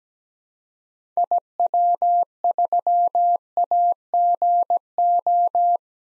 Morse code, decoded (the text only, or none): IW3AGO